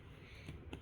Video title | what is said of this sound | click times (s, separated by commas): 11세의 컴퓨터 조립 1 | 이렇게 딸깍 소리가 날고 | 0.7 s